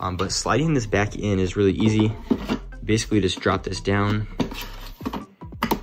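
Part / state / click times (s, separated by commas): hard drive tray into a two-bay NAS enclosure / seated / 5.6 s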